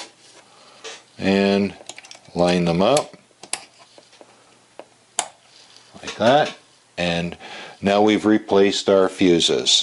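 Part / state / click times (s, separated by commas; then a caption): cartridge fuse into the spring clips of a digital multimeter / seated / 3.5 s, 5.2 s. Someone talks while a second cartridge fuse is lined up with the spring clip connectors inside an opened digital multimeter and pushed in. Two sharp snaps are heard at 3.5 s and 5.2 s as the fuse seats in the clips, and the fuses are replaced.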